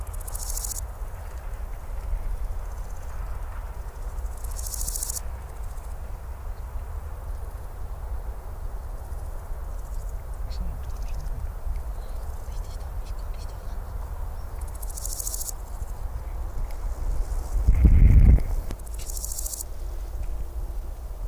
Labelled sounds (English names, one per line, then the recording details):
Large Gold Grasshopper stridulation
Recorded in the wild
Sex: male
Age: imago
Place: Ferch, Schwielowsee, Brandenburg, DE
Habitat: Feuchtbiotop
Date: 1997-09-05 11:40
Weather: 24°C, heiter
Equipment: Sony MD-WM MZ-R3, Sennheiser ME 80, K 30 AV, Kopie Uher 4000 Report Monitor
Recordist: Tembrock, Günter
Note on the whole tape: Stridulation